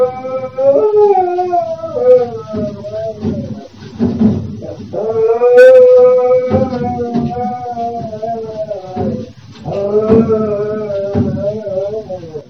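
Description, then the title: Dog howling in long, wavering, tonal cries that rise and fall, in three drawn-out bouts separated by short breaks. Puppy. "Mando Perrito Ladrando"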